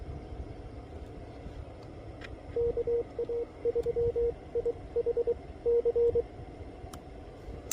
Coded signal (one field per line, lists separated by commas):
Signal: Morse code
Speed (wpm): 23 wpm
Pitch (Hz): 500 Hz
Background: radio noise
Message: KA3IHC